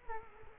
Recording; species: mosquito wingbeat signal from an infrared sensor; Culex quinquefasciatus